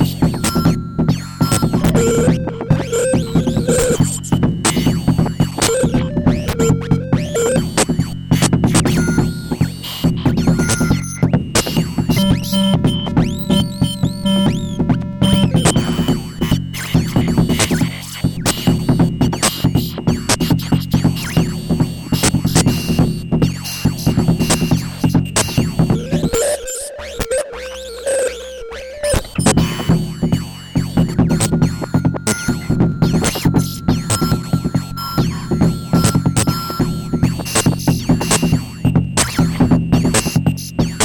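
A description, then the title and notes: A noise-disrupted oscillator runs through a filter, giving a dense, crackling drone with a steady throbbing low hum underneath. Brighter whistling tones come and go, clearest around 12 to 15 seconds, and the low end briefly drops out near 27 seconds before the buzzing texture returns. My first go with the Sputnik Quad VCF/VCA, attempting some Buchla-esque bongo action with variable envelopes to the gate and long cv action. I didn't really bother with the classic bongo sound, and went straight for low-end nastiness. The main source comes from a Pittsburgh Modular Synthbox.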